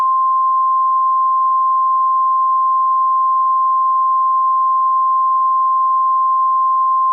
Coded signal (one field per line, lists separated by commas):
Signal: Emergency Alert System (SAME) tones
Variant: 853 and 960 Hz attention tone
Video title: Emergency Alert System Severe Thunderstorm Warning Western Massachusetts